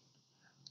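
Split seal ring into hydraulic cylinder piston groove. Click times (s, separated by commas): 0.7 s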